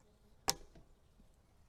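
A plastic snap-lock plug is pressed by palm into the lined-up hole of a plastic stacking bracket on the other end of a composite garden bed board for a raised garden bed. One sharp, bright click sounds at 0.5 s against a quiet background, and the plug seats in the bracket.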